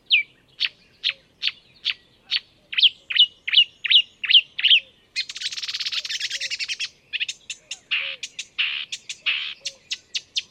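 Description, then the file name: Marsh warbler singing steady repeated downslurred notes, then a harsh buzzing rattle, followed by varied quick chattering phrases. "enekes nadiposzata hangja"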